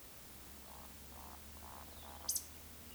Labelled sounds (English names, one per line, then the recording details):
Eurasian Woodcock whistle
Eurasian Woodcock croak
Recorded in Baden-Württemberg, Germany, on 31 May 2021 at 20:06 UTC
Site 24606, 635 m above sea level